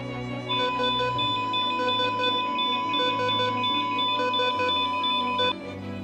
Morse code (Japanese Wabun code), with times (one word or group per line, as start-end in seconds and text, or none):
none